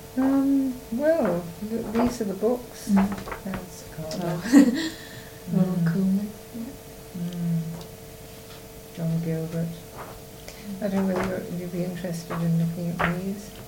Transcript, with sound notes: Erm, well. These are the books.
Mhm. Oh. [laughs] Ronald Colman.
Mhm. John Gilbert. I don't know whether you'd be interested in looking at these.